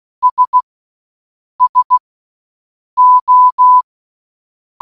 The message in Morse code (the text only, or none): S SO